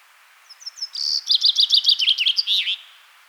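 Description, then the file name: Common chaffinch singing one brisk phrase: soft lead-in notes, a quick descending run of sharp chirps, and a terminal flourish, with a quiet background. "Fringilla coelebs"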